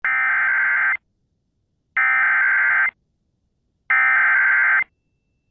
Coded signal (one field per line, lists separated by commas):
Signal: Emergency Alert System (SAME) tones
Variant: header bursts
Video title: Severe Thunderstorm Warning (Dickey County, ND) (8/5/25) [EAS #221]